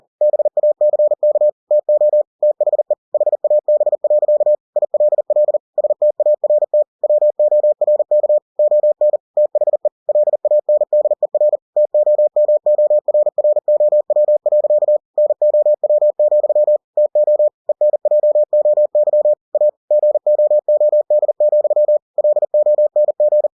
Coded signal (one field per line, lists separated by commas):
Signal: Morse code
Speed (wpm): 40 wpm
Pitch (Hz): 600 Hz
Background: none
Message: BACK TO THE HAB. ILL START WORK ON THE LANDER TOMORROW. NOW, TO ENJOY A GOOD, LONG